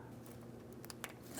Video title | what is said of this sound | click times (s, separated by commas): How to Replace Fuel Pump Module Assembly 2007-2014 Ford Edge 3.5L V6 | There's our click. | 1.0 s